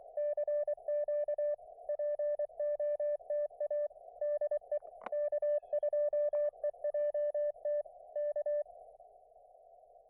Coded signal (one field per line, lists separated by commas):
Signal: Morse code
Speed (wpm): 24 wpm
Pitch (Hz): 590 Hz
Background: none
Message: CQ POTA DE K2EJT K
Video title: A little unplanned POTA at US-5221